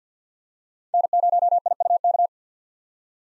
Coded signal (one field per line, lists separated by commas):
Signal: Morse code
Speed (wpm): 47 wpm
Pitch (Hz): 700 Hz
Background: none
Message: N0IUK